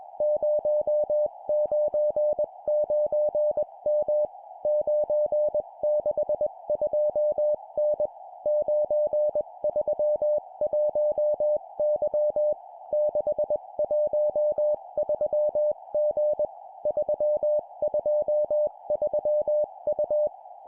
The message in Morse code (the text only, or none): 099M 962N 931Y 613G 323U